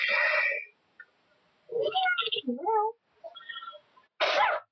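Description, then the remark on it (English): A short, explosive sneeze bursts out, followed by a second noisy burst near the end, with brief voiced, murmuring sounds in between. “Gesundheit.”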